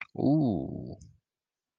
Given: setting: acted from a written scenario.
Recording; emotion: vocal sound without words; desire